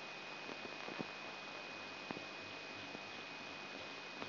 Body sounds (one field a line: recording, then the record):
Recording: brain microelectrode recording played as sound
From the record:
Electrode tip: outside the subthalamic nucleus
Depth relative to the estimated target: 3 mm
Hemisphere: left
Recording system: AlphaMap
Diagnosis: Parkinson's disease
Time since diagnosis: 9 years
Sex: male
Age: 58 years